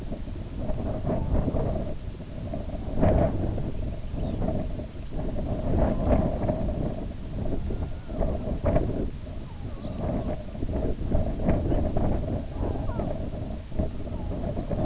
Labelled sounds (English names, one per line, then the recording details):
Red-throated Loon
unidentified sound
Lapland Longspur
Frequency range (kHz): Lapland Longspur 3.5-5.0 kHz
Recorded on Arctic tundra, site IGLO-B, on 19 June 2018
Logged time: 23:59